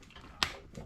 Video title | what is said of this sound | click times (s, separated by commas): Filming and photography with Milwaukee Packout. | Bam! Now that one's locked. | 0.4 s